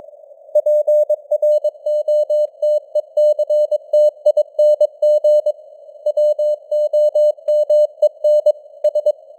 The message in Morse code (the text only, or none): PROTECTING WOMEN S